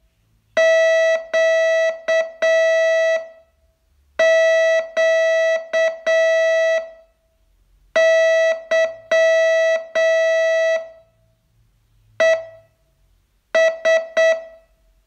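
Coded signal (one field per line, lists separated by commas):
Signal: Morse code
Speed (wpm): 7 wpm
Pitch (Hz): 650 Hz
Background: none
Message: QQ YES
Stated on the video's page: Morse training lesson, day 30 of a 42-day course.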